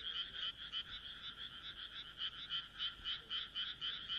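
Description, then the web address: Frog giving a rapid series of clucking croaks, about three to four per second. "kaeru kaeru"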